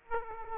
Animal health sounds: mosquito wingbeat signal from an infrared sensor; Aedes aegypti

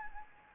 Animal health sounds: mosquito wingbeat signal from an infrared sensor; Anopheles gambiae

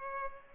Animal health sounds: mosquito wingbeat signal from an infrared sensor; Culex pipiens

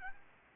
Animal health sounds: mosquito wingbeat signal from an infrared sensor; Aedes albopictus

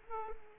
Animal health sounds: mosquito wingbeat signal from an infrared sensor; Culex pipiens

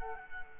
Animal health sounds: mosquito wingbeat signal from an infrared sensor; Culex quinquefasciatus

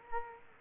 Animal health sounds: mosquito wingbeat signal from an infrared sensor; Culex quinquefasciatus

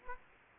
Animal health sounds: mosquito wingbeat signal from an infrared sensor; Aedes aegypti

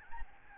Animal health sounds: mosquito wingbeat signal from an infrared sensor; Aedes albopictus

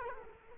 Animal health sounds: mosquito wingbeat signal from an infrared sensor; Culex quinquefasciatus

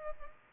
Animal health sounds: mosquito wingbeat signal from an infrared sensor; Culex pipiens

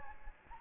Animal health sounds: mosquito wingbeat signal from an infrared sensor; Anopheles gambiae

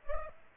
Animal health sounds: mosquito wingbeat signal from an infrared sensor; Culex pipiens

